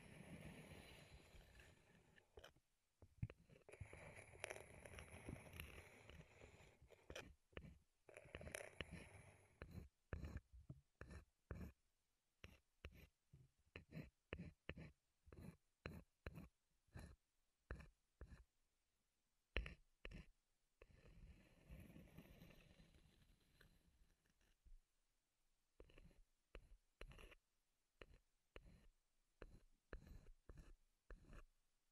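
Wooden triggers are worked by hand, opening with dense, rustling scrapes and rubs through the first ten seconds. Sharp wooden taps and clicks follow in quick, uneven bursts, broken by another stretch of scraping around twenty seconds before the tapping returns.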